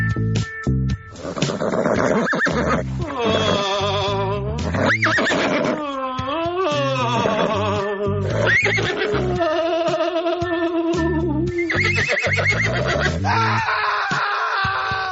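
Loud horse neighing and whinnying fills the whole stretch, shrill wavering cries that rise and fall in pitch, following one another with barely a pause and no talking.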